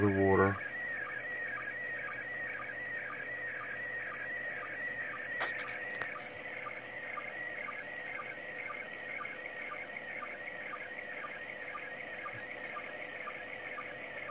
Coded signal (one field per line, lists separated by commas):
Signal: SSTV (slow-scan television)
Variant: PD 120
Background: speech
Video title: ISS Fly-over while capturing SSTV Image INTERNATIONAL SPACE STATION